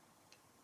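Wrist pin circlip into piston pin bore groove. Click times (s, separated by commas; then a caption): 0.3 s. A wrist pin retaining circlip is fitted into the groove of the piston pin bore on a two-stroke piston while assembling a vapor-blasted Suzuki T500 Titan engine. A short, faint high tick at 0.3 s stands out over a quiet background, and the clip snaps into place and is seated.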